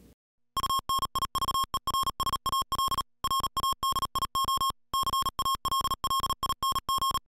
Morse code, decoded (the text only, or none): UNIVERSAL RADIO CALLING